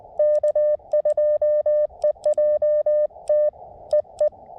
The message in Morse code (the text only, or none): K2EJT EE